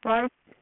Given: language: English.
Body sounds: throat vibration sensor signal played as sound; speech

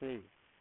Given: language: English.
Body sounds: throat vibration sensor signal played as sound; speech

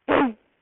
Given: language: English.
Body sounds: throat vibration sensor signal played as sound; throat clearing

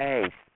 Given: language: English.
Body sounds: throat vibration sensor signal played as sound; speech

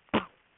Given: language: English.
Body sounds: throat vibration sensor signal played as sound; cough

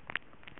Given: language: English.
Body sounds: throat vibration sensor signal played as sound; swallow

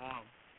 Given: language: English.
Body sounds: throat vibration sensor signal played as sound; speech

